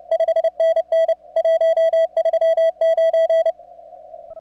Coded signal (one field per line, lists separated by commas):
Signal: Morse code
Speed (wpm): 29 wpm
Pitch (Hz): 660 Hz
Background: music, radio noise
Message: 5NN 139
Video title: WAE CW CONTROL Z N1MM TO SEND QTC